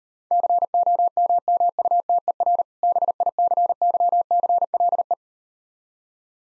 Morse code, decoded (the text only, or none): COMMUTER BICYCLE